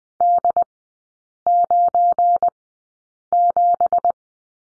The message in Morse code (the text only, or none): D97